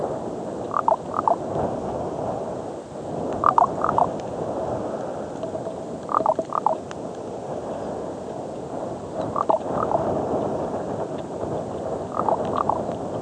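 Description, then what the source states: Common raven giving hoarse croaking calls, mostly in pairs, repeated roughly every three seconds over a steady, rushing background noise. Arizona.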